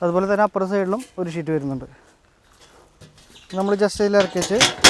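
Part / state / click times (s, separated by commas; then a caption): standing platform sheet into a multi-position ladder frame / not seated / none. A standing platform sheet on the far side of a multi-position ladder frame is being handled and lowered toward the rungs while someone talks. A quiet, brief tick is heard near 2.2 s in a pause between the speech. Nothing has seated or clicked yet, and the sheet is not yet locked in place.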